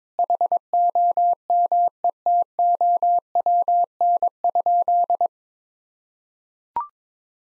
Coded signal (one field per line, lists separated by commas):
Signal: Morse code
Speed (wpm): 22 wpm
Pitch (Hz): 700 Hz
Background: none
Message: HOMETOWN?